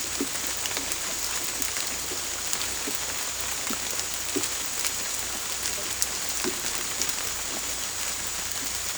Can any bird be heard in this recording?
no